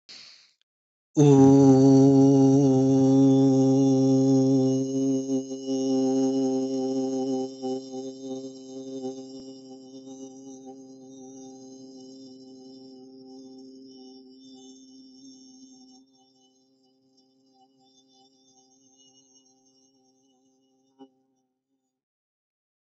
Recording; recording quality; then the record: sustained vowel as in boot; excellent, no background noise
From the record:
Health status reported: healthy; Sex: male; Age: 33 years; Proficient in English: yes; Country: United States